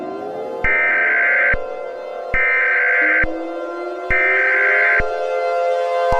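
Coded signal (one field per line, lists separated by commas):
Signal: Emergency Alert System (SAME) tones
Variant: header bursts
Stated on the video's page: Fictional EAS scenario, a simulated alert.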